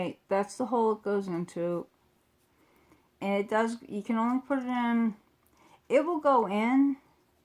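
Someone talks while fitting a small accessory piece from the box into its holder or base, a piece that only goes in one way and has to be in the right position to click. Only speech with short pauses is heard. The piece has not seated or clicked yet by the end of the clip.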